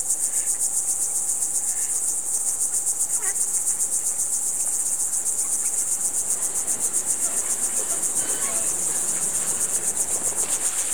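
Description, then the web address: Cricket keeps up a rapid, even, high pulsing chirp for the whole stretch. "best service Blue Box birds ducks frogs crickets"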